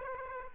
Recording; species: mosquito wingbeat signal from an infrared sensor; Aedes aegypti